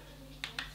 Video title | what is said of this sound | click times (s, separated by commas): FABARM STF12 Gas Shotgun Bo Manufacture Golden Eagle Airsoft Review | insert, just press them in down here until it clicks into place, close | 0.4 s, 0.6 s